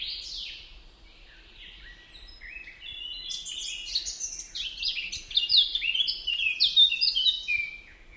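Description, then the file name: Eurasian blackcap singing a long, varied warble, starting soft and quiet, then building into louder, rapid scratchy notes mixed with bright whistled phrases. "Sylvia atricapilla"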